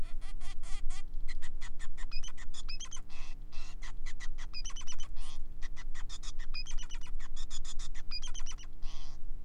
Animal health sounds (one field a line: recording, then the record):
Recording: song of a male Bengalese finch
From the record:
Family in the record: son of father 5